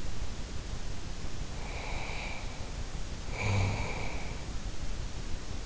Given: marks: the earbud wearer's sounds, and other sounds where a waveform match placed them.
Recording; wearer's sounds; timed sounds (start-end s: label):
sounds in sleep by an in-ear microphone; snoring breath
1.51-4.68 s: snoring breath